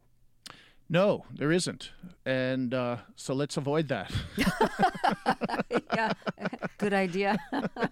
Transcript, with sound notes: No, there isn't. And so let's avoid that (laughter).
(Laughter) Yeah, good idea.